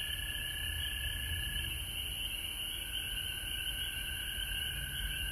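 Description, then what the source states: Frogs calling in a dense continuous chorus, with a long steady whistled tone running through and low rumbling noise beneath. Recorded at home in Georgia on March 19, 2020.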